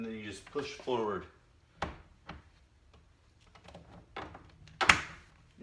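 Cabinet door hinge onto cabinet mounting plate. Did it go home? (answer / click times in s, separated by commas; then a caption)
yes / 4.9 s. Someone talks, then the top concealed hinge of an IKEA cabinet door is pushed forward onto its mounting plate on the cabinet side, with a few soft knocks along the way. At 4.9 seconds it snaps on with a loud, sharp click, and the hinge is seated.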